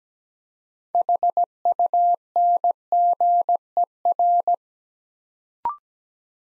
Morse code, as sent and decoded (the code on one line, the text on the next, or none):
.... ..- -. --. . .-.
HUNGER